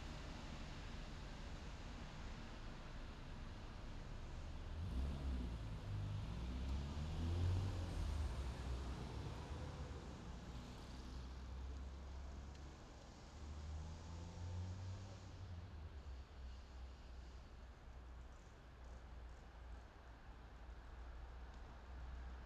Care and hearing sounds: everyday scene through a hearing-aid microphone; in traffic; traffic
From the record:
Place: main city hub, rush hour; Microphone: in the ear canal, left

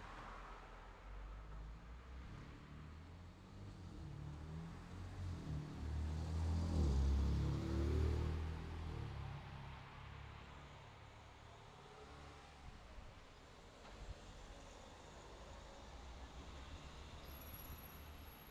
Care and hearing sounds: everyday scene through a hearing-aid microphone; in traffic; traffic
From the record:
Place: city secondary road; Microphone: in the ear canal, left

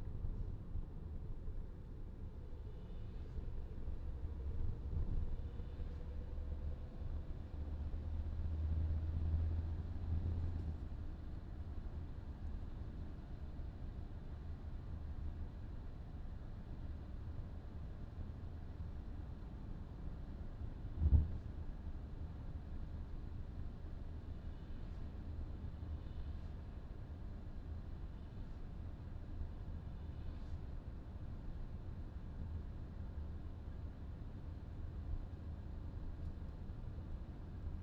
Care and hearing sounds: everyday scene through a hearing-aid microphone; in a vehicle; engine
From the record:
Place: VW T5 Caravelle, diesel engine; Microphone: in the ear canal, left

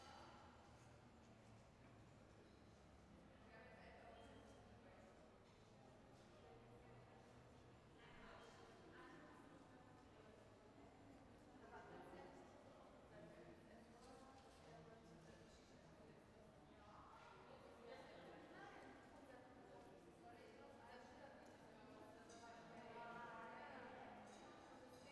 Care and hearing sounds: everyday scene through a hearing-aid microphone; reverberant space; background noise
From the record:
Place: railway station hall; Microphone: behind the ear, right, front

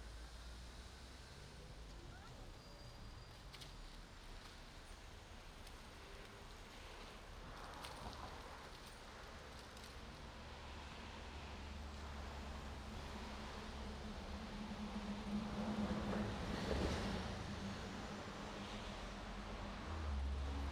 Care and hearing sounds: everyday scene through a hearing-aid microphone; in traffic; traffic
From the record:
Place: main road on the outskirts, rush hour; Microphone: in the ear canal, right

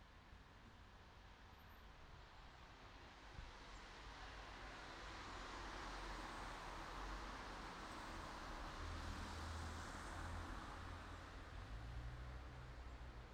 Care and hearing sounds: everyday scene through a hearing-aid microphone; in traffic; traffic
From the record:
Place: city secondary road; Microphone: in the ear canal, right

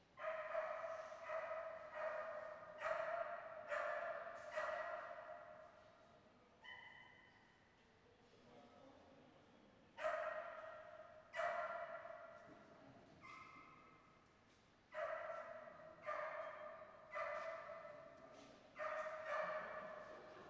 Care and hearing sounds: everyday scene through a hearing-aid microphone; reverberant space; barking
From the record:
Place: railway station hall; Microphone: behind the ear, right, rear

